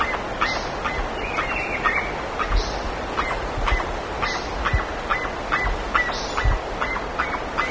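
Bird calls: repeated honk-like notes, about two per second, with scattered high chirps and a constant noisy background.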